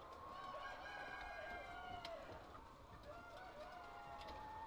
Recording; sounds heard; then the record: poultry house recording; healthy chickens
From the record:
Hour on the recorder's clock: 8